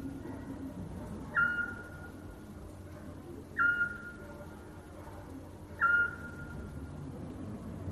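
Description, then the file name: Eurasian scops owl calling: three clear whistled notes at the same pitch, about two seconds apart, over a low steady background hum. Owl call, named as splyushka (scops owl). "Krik sovy - Splyushka"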